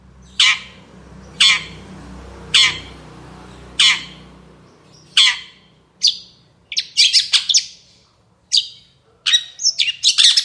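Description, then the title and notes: Long-tailed shrike song: a series of spaced harsh rasping notes, then quicker scratchy, chattering phrases. Long-tailed shrike singing actively in the morning with varied notes ("toet toet"); a training and lure recording meant to prompt shrikes to sing. "Cendet Gacor Dor Di Kala Pagi Toet Toet Variasi Suara. Burung cendet"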